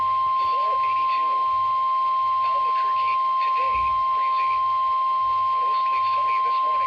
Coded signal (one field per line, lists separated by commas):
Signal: Emergency Alert System (SAME) tones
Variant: 1050 Hz attention tone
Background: speech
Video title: EAS #17 WWG20 Required Weekly Test [NOAA Weather Radio]